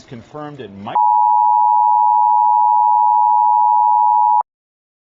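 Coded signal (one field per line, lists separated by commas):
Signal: Emergency Alert System (SAME) tones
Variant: 853 and 960 Hz attention tone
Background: speech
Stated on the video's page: Fictional EAS scenario.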